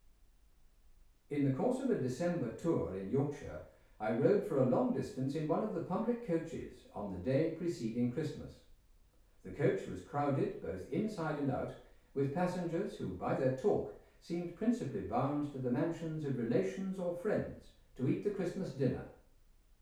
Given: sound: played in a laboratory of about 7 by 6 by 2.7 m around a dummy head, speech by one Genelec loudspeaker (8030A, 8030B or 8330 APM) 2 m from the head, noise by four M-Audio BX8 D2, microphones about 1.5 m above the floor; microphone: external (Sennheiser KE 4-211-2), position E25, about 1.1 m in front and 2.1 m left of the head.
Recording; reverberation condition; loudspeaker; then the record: male speech in English; medium; in front (0 degrees)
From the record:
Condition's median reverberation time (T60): about 510 ms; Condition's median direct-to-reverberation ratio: about -0.5 dB